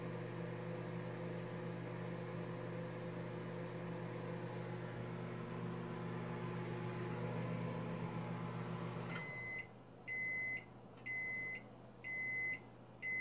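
A microwave hums steadily for about nine seconds, a low droning tone with a faint rattle over it. The hum then stops, and a series of five evenly spaced high beeps follows, each lasting about half a second, until the end.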